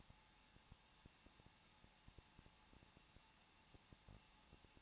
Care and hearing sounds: daily activity, microphone in the room; no activity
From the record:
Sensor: 1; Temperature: 20.1 degrees Celsius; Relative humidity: 39.1%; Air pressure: 1006.4 hPa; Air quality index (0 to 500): 216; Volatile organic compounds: 73 ppm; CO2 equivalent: 3544 ppm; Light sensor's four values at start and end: 1/2/1/1 and 1/2/1/1

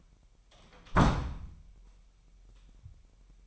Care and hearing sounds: daily activity, microphone in the room; close door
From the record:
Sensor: 1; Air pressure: 998.5 hPa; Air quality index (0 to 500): 131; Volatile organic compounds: 4 ppm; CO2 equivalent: 1569 ppm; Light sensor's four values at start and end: 19/61/25/25 and 19/62/25/25

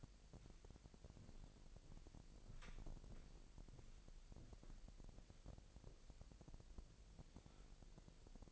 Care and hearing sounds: daily activity, microphone in the room; walk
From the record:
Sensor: 5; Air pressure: 1002.1 hPa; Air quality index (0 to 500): 245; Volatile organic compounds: 29 ppm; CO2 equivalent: 2941 ppm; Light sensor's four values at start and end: 34/81/33/36 and 34/81/34/37

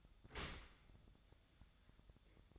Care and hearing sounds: daily activity, microphone in the room; open dishwasher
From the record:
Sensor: 3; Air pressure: 1004.7 hPa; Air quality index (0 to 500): 97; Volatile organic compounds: 3 ppm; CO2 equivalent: 1499 ppm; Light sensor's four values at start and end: 7/17/7/7 and 7/18/7/7

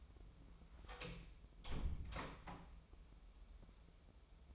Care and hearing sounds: daily activity, microphone in the room; close door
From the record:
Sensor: 1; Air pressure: 996.1 hPa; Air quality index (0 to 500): 32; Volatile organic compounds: 1 ppm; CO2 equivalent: 598 ppm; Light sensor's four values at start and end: 14/33/14/16 and 14/33/14/16

